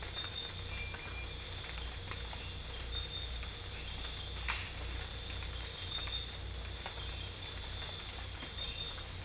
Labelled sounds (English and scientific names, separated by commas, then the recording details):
none
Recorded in dense forest near Puerto Asís, Putumayo, Colombia, on 18 December 2024 at 02:30
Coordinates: 0.484, -76.325
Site G056